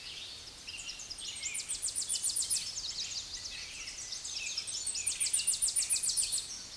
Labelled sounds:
Tennessee Warbler song
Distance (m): 15 m
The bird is about 10 m above the microphone
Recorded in a Pennsylvania forest on 16 May 2024 at 06:34
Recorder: AudioMoth, point MSD-1401
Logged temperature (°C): 16.4 °C
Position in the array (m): 67 m, 172 m

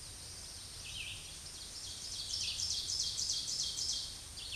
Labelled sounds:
Ovenbird song
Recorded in a Pennsylvania forest on 16 May 2024 at 07:59
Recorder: AudioMoth, point MSD-2083
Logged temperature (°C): 16.7 °C
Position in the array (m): 149 m, -13 m

